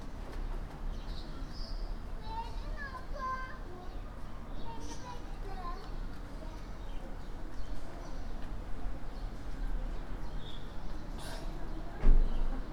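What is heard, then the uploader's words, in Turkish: Everyday sounds of a residential neighbourhood in Istanbul on an ordinary spring day. A steady low rumble runs throughout, with scattered voices and children at play, brief bird chirps, and a sharp knock or thump just after twelve seconds. İstanbul'da sıradan bir bahar gününde sitelerin olduğu mahalleden olağan günlük seslerin kaydı.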